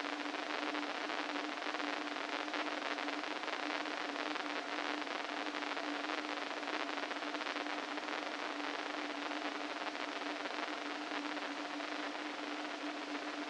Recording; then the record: brain microelectrode recording played as sound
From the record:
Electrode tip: inside the subthalamic nucleus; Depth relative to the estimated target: -3 mm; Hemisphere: right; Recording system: NeuroSet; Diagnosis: Parkinson's disease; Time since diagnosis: 13 years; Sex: male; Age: 49 years